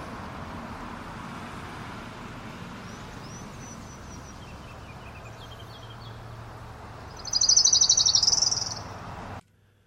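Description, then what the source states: Orange-crowned Warbler song, a high trill of repeated notes lasting about a second and a half, starting after several seconds of quiet background noise. Common around Sitka in salmonberry thickets and alders, arriving around end of April or 1 May; slow repeated-note trill changing pitch and speed at end, likened to fingers along a comb.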